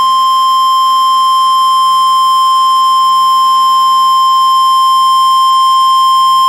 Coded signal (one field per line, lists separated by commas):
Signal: Emergency Alert System (SAME) tones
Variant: 1050 Hz attention tone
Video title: Buncha Floodz.... - EAS Alerts From 2/28/21 (EAS #179 - #187)